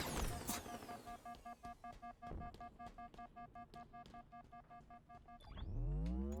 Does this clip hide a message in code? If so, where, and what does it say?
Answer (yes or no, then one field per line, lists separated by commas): no